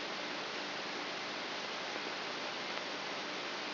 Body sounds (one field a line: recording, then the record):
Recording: brain microelectrode recording played as sound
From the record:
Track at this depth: outside the subthalamic nucleus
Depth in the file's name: 0.444 mm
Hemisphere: left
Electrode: 3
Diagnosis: Parkinson's disease